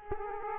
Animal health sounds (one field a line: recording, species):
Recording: mosquito wingbeat signal from an infrared sensor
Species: Aedes aegypti